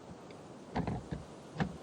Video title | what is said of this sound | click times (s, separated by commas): Corvette Z06 C8 // 313KMH REVIEW on AUTOBAHN | And then this clicks into place. | 0.8 s, 0.9 s, 1.6 s